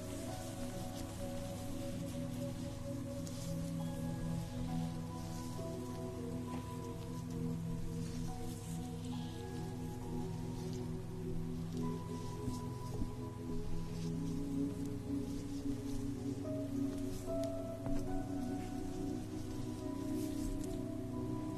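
A facial treatment with a steamer running: a steady, dense hiss like fine rain fills the whole clip, over a constant low mechanical hum with several held tones. Level stays even throughout, with only faint scattered ticks and rustles.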